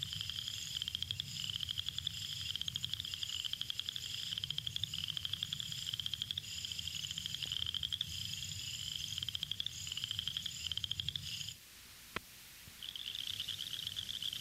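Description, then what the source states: Southern chorus frog giving rasping pulsed trills steadily, then stopping abruptly, quiet for about a second with a single click, before resuming. Males call from concealed positions; the call is like running a thumb slowly down the larger teeth of a comb.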